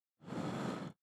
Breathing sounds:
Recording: one breath near a microphone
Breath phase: exhalation

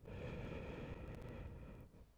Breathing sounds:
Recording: one breath near a microphone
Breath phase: exhalation

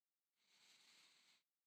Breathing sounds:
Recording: one breath near a microphone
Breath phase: inhalation

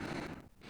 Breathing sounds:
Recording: one breath near a microphone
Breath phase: exhalation

